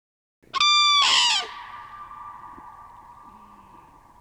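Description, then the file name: Common crane giving one loud, rich trumpeting call with a rough burst at its peak, then a long steady tone that slowly fades. Played back. "Trane"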